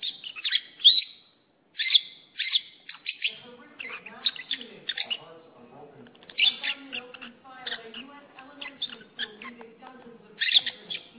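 Lovebird calls: loud shrill chirps at the start, a brief pause, then continuous squeaky twittering over softer low chatter.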